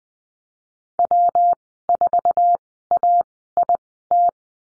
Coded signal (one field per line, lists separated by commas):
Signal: Morse code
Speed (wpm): 20 wpm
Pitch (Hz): 700 Hz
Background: none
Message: W4AIT